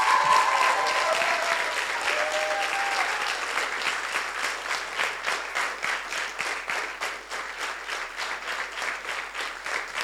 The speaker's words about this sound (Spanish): ¿Dónde están los cocineros? Adelante los cocineros, un fuerte aplauso para los...